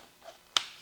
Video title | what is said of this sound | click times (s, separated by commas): Bambu Lab A1 Beginner's Guide to Multi-Filament printing | It kind of clicks into place. | 0.6 s